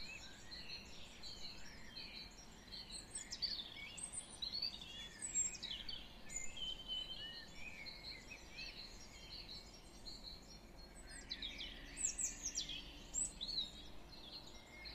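Birds chirp and sing in the early morning, their calls still somewhat subdued. Overlapping high tweets and short trills come and go throughout, thickest around four to seven seconds and again near twelve seconds. A low, steady rumble runs underneath.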